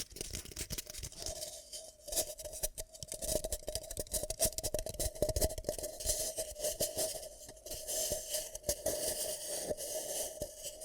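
Ear cupping sounds form a dense, continuous run of soft rubbing and crackling, full of quick taps and brushes throughout. A faint steady tone hums underneath the whole time, and the texture swells slightly louder around the middle before settling again.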